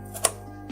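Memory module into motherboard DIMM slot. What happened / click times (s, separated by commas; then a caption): The memory module's retention latch clicked shut / 0.2 s. A DDR4 memory stick is pressed into a motherboard DIMM slot until the plastic retention clips snap shut on each side, giving a sharp, bright click at 0.3 s over a steady low hum, followed by a softer faint sound near 0.7 s. The module is seated and confirmed installed.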